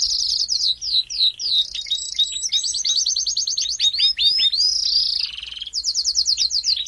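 Domestic canary singing a varied, nearly continuous song of fast repeated chirps and trills, sliding notes and rapid rolling phrases.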